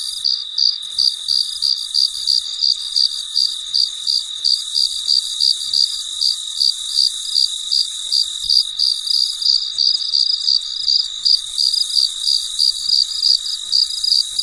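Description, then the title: Cricket chirps repeating roughly three times a second, high and pulsed, with a constant shrill background trill. Recorded late at night; very quiet. "深夜录制蟋蟀昆虫声"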